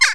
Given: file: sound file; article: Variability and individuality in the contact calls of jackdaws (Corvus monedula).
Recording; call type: jackdaw call; harmonic